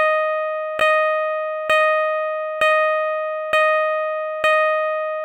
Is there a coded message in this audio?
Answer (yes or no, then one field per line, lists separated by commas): no